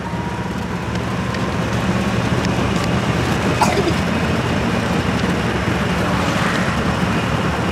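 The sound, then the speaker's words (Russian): A bus pulls away and drives along with a steady, deep engine rumble and a low droning hum, road noise holding constant throughout, with a brief faint clink partway through. “Автобус трогается.”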